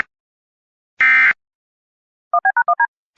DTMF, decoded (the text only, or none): 1B#1D